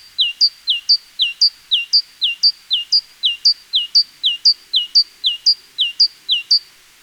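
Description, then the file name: Great tit singing a clear, high two-note phrase, a lower falling note and a short upper note, repeated steadily about twice a second throughout. "Parus major"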